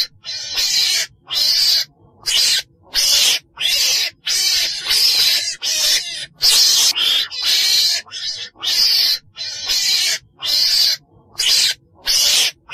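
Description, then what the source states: Weasel producing a long series of harsh, breathy hisses, slightly uneven in timing, with short gaps of silence between bursts. Black weasel (chồn đen) calling.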